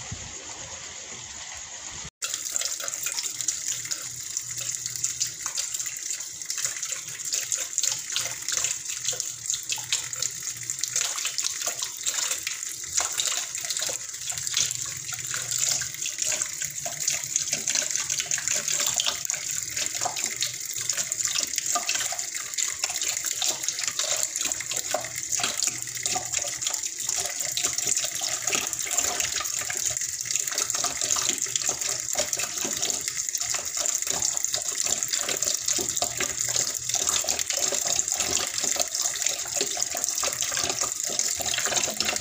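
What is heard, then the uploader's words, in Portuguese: Rain falls steadily and densely after a brief quieter start, a bright hiss with a constant low rumble beneath. Som de chuva genuino gravado por mim e som de aguas.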